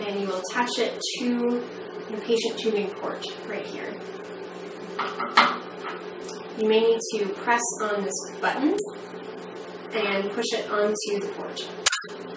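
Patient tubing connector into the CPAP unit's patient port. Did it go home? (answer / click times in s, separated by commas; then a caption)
yes / 5.4 s. The white end of the patient tubing is pushed onto the patient tubing port of a Pumani bCPAP unit, possibly while the release button is pressed, as someone talks. A sharp snap at 5.4 s marks the connector seating on the port without hard pressing.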